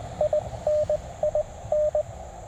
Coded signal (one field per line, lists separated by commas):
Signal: Morse code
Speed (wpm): 19 wpm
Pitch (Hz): 600 Hz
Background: radio noise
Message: IN IN